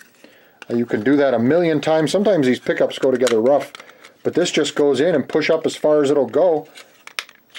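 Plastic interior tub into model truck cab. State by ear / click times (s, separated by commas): seated / 7.2 s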